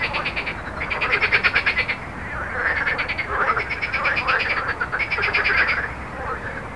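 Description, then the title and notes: Frogs giving fast rattling croak bursts, with steady low road noise behind. Frogs recorded with road noise at Jardins de la Ligne, Montaudran, Toulouse, France, using a Zoom H4n recorder. "Jardins de la Ligne, 1 Rue Jacqueline Auriol, 31400 Toulouse, France - Frog Montaudran. Frog and road captation zoom h4n"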